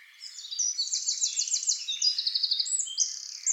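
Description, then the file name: Eurasian wren delivering a continuous, piercing song of fast trills and rattles that changes pace several times over three seconds. "Troglodytes troglodytes"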